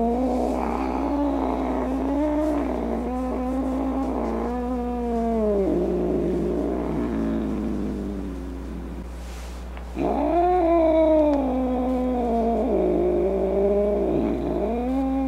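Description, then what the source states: Cat yowling in long wavering moans, a brief lull, then renewed rising and falling wails. Angry cat.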